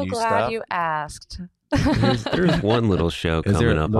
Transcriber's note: laughing